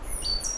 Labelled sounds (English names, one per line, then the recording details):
Stitchbird song
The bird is a male
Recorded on Tiritiri Matangi Island, New Zealand, in 2005
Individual 9, of nest box 11